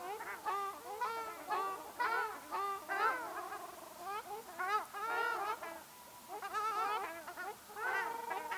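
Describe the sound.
Ruddy shelduck flock honking steadily, harsh nasal calls tumbling over each other with a short lull midway.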